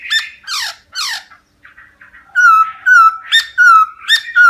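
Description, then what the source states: Laughingthrush song: buzzy descending slurred notes, then a series of loud clear whistled notes with rising and falling inflections. Song in the 'wild voice' (giọng rừng) style.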